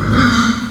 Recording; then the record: squeal of a Yucatan mini pig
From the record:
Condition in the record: after surgery on the right vocal fold (resection and tissue-engineered implant); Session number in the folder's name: 11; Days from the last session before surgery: 98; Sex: female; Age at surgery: 19 weeks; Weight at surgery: 25 kg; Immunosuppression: prednisolone